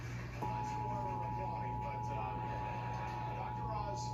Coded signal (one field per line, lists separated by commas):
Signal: Emergency Alert System (SAME) tones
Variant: 853 and 960 Hz attention tone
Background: speech